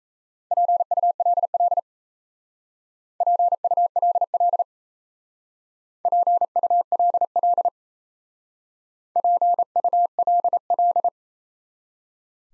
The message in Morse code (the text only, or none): PULL PULL PULL PULL